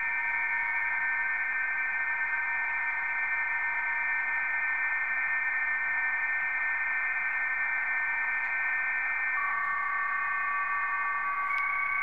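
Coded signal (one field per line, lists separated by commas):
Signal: PSK31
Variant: BPSK31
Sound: several steady warbling tones at once, buried in hiss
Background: radio static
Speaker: notice I'm attacking different traces on the waterfall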